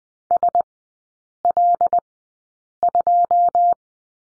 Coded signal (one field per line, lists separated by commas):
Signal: Morse code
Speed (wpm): 20 wpm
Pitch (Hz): 700 Hz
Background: none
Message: S L 2